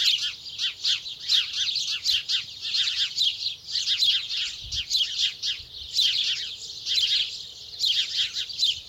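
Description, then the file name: House sparrows chattering as a busy flock, rapid overlapping chirps coming in bursts with brief lulls between them. "Passer domesticus"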